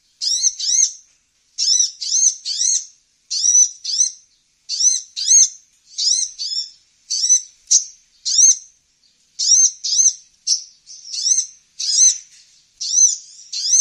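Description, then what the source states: Brown-throated sunbird giving shrill upslurred notes, mostly in pairs or triplets, repeated steadily about every second over a silent background. Actively singing (gacor).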